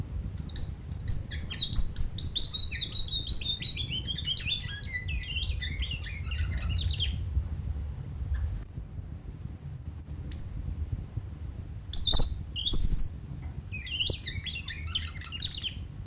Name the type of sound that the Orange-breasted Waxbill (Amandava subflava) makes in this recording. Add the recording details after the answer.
song. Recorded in captivity. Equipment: Halbspur, 9,5 cm/s. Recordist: Lütgens, Hans